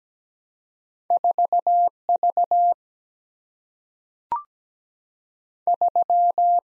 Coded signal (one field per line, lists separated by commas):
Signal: Morse code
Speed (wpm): 17 wpm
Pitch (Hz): 700 Hz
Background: none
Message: 4 V 3